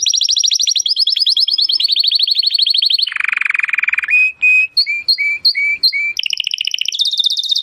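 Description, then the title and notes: Domestic canary song: fast high trills drop into a low rolling trill, then evenly spaced whistled notes and a final rising high trill. Belgian canary singing; labelled 'Campainha'. "Canário Belga Campainha Canary Singing. Canario Belga Cantando"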